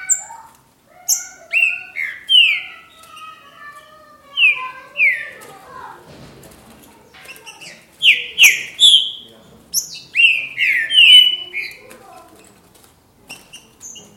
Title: Trinca Ferro